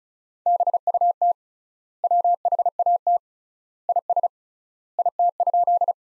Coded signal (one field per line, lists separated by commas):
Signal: Morse code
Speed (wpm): 36 wpm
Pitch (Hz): 700 Hz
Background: none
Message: BUT WHAT IS IT?